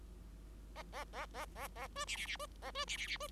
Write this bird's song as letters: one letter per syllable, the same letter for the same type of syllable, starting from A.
A A A A A A B C C C B A B C C C B